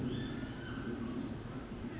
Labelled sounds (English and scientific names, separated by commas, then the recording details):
Pacific Wren (Troglodytes pacificus)
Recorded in Sonoma County, California